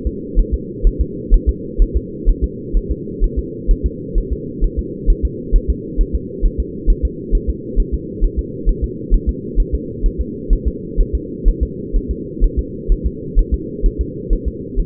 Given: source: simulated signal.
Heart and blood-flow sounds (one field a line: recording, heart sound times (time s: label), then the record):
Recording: fetal heart sounds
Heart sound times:
0.07 s: S2
0.39 s: S1
0.54 s: S2
0.87 s: S1
1.01 s: S2
1.34 s: S1
1.49 s: S2
1.82 s: S1
1.97 s: S2
2.29 s: S1
2.44 s: S2
2.77 s: S1
2.91 s: S2
3.24 s: S1
3.39 s: S2
3.71 s: S1
3.86 s: S2
4.18 s: S1
4.33 s: S2
4.64 s: S1
4.79 s: S2
5.10 s: S1
5.25 s: S2
5.56 s: S1
5.70 s: S2
6.01 s: S1
6.15 s: S2
6.46 s: S1
6.60 s: S2
6.90 s: S1
7.05 s: S2
7.35 s: S1
7.50 s: S2
7.80 s: S1
7.94 s: S2
8.25 s: S1
8.39 s: S2
8.69 s: S1
8.84 s: S2
9.14 s: S1
9.29 s: S2
9.60 s: S1
9.75 s: S2
10.06 s: S1
10.21 s: S2
10.53 s: S1
10.68 s: S2
11.00 s: S1
11.15 s: S2
11.49 s: S1
11.63 s: S2
11.97 s: S1
12.11 s: S2
12.44 s: S1
12.59 s: S2
12.92 s: S1
13.06 s: S2
13.39 s: S1
13.54 s: S2
13.86 s: S1
14.01 s: S2
14.33 s: S1
14.48 s: S2
14.80 s: S1
From the record:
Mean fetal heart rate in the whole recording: 130 bpm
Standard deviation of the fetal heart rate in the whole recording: 2 bpm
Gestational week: 38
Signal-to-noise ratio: -4.1 dB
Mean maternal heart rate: no maternal heart sound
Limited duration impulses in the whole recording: absent